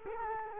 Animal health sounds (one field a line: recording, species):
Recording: mosquito wingbeat signal from an infrared sensor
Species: Culex quinquefasciatus